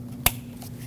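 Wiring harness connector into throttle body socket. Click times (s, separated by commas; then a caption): 0.3 s. On a 2006-2015 Lexus IS250 during an intake VVT solenoid replacement, after the throttle body bolts are torqued to 7 ft-lbs in a cross pattern, the plastic-housed wiring harness connector is pushed onto its throttle body socket. One sharp, loud snap at 0.3 s cuts through a steady low hum, followed by a faint, softer sound around 0.6 s. The connector clicks in and is seated.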